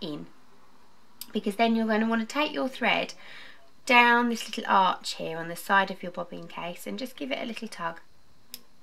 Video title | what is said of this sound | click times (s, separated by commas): Threading your front loading sewing machine | and you'll hear a little click and it should pop into this hole here | 8.5 s